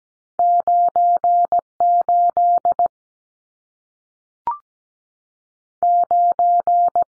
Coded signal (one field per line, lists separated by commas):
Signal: Morse code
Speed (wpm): 17 wpm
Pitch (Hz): 700 Hz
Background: none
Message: 98 9